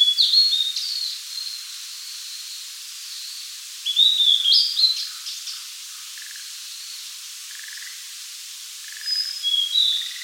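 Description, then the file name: Blue-and-white flycatcher singing high, clear whistled phrases with sliding notes, with soft, lower beaded notes in the gaps. "Cyanoptila cyanomelana"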